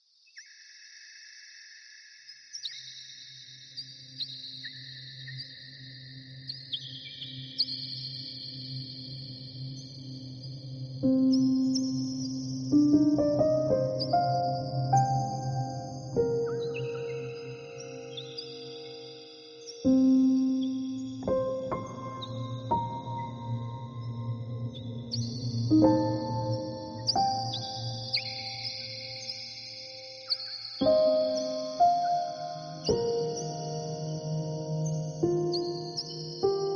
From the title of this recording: BINURAL BEATS WITH NATURE SOUND